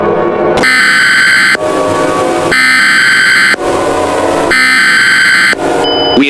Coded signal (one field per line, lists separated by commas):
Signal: Emergency Alert System (SAME) tones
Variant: header bursts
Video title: Eas Scenario #3 Godzilla invades Washington